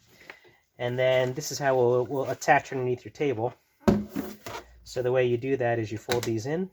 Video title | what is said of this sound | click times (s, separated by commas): Chicco FastLock 360 Hook-On Chair - How to Use | these slide out like this and they snap into place you can hear that | 0.3 s